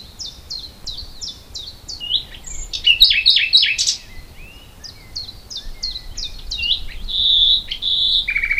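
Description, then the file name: Common nightingale song: rapid repeated notes, a loud jumbled rattling phrase, more spaced chirps, then a buzzy trill, with faint background noise. "Luscinia megarhynchos"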